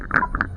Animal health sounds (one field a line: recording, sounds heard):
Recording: poultry house recording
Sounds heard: sick chickens (respiratory disease)